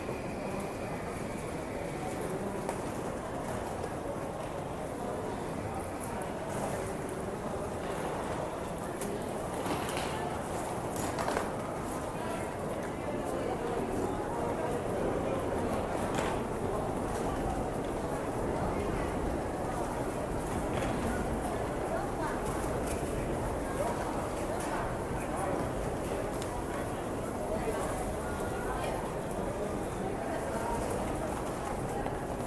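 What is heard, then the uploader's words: Ambience of a Tokyo train station in Japan, a steady, dense murmur of many voices over a low rumble of trains. The level stays even throughout, with brief brighter clicks and clatters scattered across the recording and a faint high tone early on. TOKYO TRAIN STATION IN JAPAN AMBIENCE.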